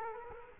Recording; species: mosquito wingbeat signal from an infrared sensor; Culex quinquefasciatus